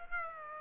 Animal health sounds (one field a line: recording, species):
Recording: mosquito wingbeat signal from an infrared sensor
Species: Aedes aegypti